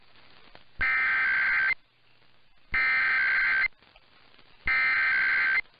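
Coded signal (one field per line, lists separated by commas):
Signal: Emergency Alert System (SAME) tones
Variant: header bursts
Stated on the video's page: EAS SAME tones from weekly tests on stations KOA and KWIZ.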